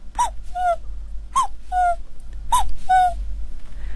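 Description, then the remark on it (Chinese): A jaw harp, held in the mouth and plucked by hand, imitates the call of a young, small cuckoo: three evenly spaced two-note phrases, a brighter higher note sliding into a slightly lower one, twanging clearly over a low steady drone. “比如说年轻一点的这个比较小一点的布谷鸟哈，它是非常阳光的。”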